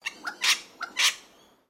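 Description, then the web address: Wattlebird call: two harsh, raspy, coughing bursts, each preceded by a short lower note, the pair spread over about a second. "Sound Effects-Foundation 1 BIRD WATTLE BIRD CALL"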